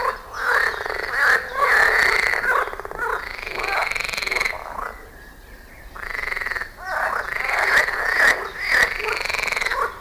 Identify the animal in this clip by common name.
Edible Frog